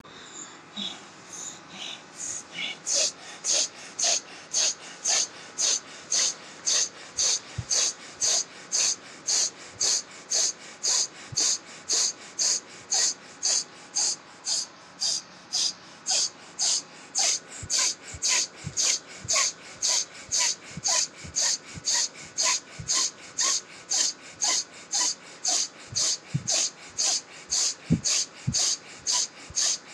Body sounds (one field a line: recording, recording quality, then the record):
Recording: shallow breathing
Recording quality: excellent, no background noise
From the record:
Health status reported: COVID-19 positive, moderate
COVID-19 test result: positive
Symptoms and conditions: cough, cold, fever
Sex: male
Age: 44 years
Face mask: worn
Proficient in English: yes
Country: India